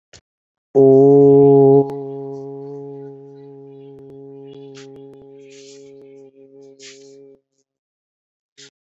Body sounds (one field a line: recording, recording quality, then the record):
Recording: sustained vowel as in boot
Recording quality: moderate, slight background noise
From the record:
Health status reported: exposed to COVID-19, no respiratory illness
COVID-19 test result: negative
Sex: male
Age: 32 years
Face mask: worn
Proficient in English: yes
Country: India